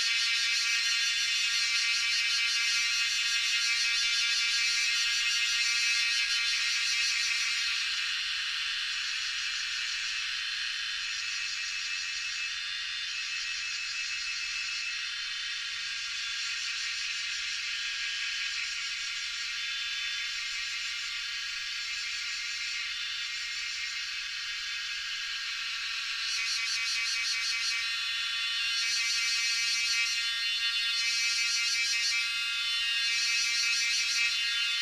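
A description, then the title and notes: A dense, shrill chorus of cicadas drones without pause, pulsing loudest at the start and end and easing slightly in the middle. Recorded with the exceptional Lewitt Subzero microphone. Extremely loud cicadas during sunset, as their mesmerizing chorus fills the air in Doi Suthep national park, Thailand. Recorded by Marcel Gnauk.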